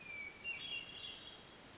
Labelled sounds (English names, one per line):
Hermit Thrush